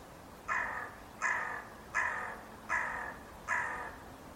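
Bird calling with five rough, raspy caws at a steady rhythm of roughly one every 0.75 seconds, set against a noisy hissing background.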